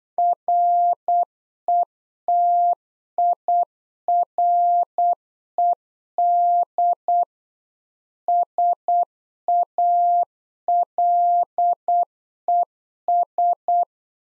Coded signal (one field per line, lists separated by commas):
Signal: Morse code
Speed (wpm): 8 wpm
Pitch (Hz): 700 Hz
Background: none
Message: RETIRED SALES